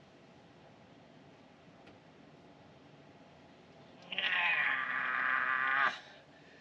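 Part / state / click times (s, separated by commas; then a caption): click-type torque wrench on a differential pinion nut / not seated / none. With a helper holding the brake, a click-type torque wrench set to 85 ft-lb tightens the pinion nut on a rear differential. After a quiet stretch, a sharp onset at about 4.1 s leads into a loud, high, ringing tonal sound that lasts until about 5.9 s and then cuts off. The wrench never clicks, so the nut has not seated past 85 ft-lb.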